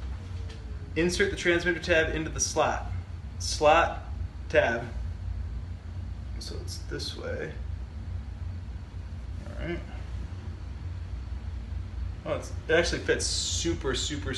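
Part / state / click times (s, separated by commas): glucose monitor transmitter into sensor pod on the skin / not seated / none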